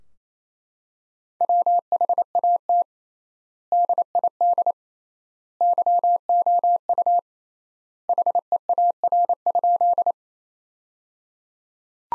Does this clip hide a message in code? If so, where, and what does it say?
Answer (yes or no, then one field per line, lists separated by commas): yes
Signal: Morse code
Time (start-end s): 1.4-10.1 s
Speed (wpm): 28 wpm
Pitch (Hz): 700 Hz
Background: none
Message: WHAT DID YOU HEAR?